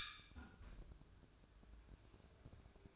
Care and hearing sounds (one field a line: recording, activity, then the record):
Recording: daily activity, microphone in the room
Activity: close fridge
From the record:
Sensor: 2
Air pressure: 1007.6 hPa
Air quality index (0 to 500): 50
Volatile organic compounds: 1 ppm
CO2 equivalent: 568 ppm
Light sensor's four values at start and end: 10/24/10/10 and 10/24/10/10